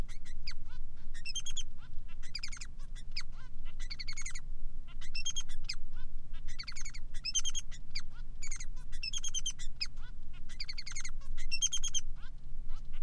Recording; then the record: song of a male Bengalese finch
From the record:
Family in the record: son of father 3